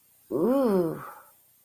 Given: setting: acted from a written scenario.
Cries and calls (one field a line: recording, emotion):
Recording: vocal sound without words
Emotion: ecstasy